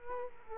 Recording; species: mosquito wingbeat signal from an infrared sensor; Culex quinquefasciatus